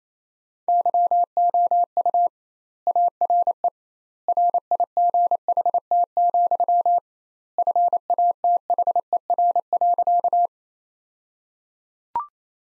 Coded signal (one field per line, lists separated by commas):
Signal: Morse code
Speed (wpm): 28 wpm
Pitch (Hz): 700 Hz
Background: none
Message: YOU ARE RIGHT, FATHER.